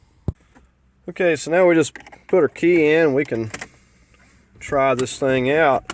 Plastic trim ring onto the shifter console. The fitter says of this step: so got our ring here just going to flip it right back on to here and just push it down and let them lock into place okay